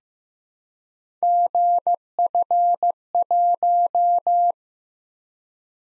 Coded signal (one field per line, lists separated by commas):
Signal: Morse code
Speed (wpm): 15 wpm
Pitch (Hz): 700 Hz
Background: none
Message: GF1